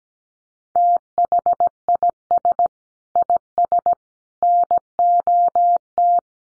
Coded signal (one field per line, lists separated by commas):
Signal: Morse code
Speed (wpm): 17 wpm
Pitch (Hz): 700 Hz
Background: none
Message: THIS IS NOT